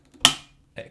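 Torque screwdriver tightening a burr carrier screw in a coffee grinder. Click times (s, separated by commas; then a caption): 0.2 s. A torque screwdriver set to 4 Nm tightens a burr carrier screw in a KafaTek Monolith SDRM coffee grinder and gives a sharp, bright click at 0.2 s, confirming it reached its setting again. A softer, shorter sound follows at 0.8 s.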